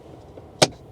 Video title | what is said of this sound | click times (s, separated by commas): Not your Average EV - the New Tesla Model 3 RWD 10th Day Review | See the sound? It snaps back in. | 0.6 s